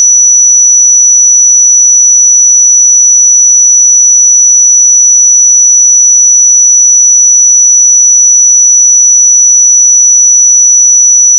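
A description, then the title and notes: A pure sine tone at 5913 Hz holds perfectly steady for the full eleven seconds, thin and piercingly bright. Its pitch and loudness never waver, and nothing else can be heard behind it. 5913 Hz 1 Hz Interval Sine Pure Tone Frequency 441000 Sample Mono.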